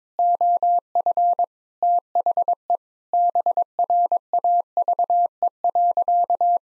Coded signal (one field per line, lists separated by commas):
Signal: Morse code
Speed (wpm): 22 wpm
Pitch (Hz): 700 Hz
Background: none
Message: OF THE BRAVE.